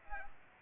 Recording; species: mosquito wingbeat signal from an infrared sensor; Aedes aegypti